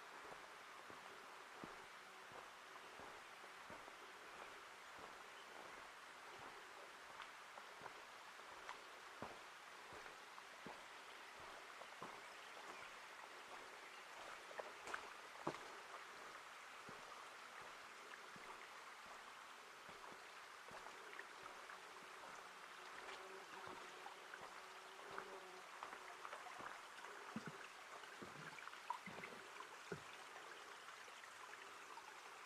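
Forest ambience from the Ancient Forest Preserve in Portland, Oregon: a steady, dense hiss like running water or light rain fills the whole clip. Sharp ticks and drips fall irregularly throughout, a little busier from the middle onward, while the overall level stays even.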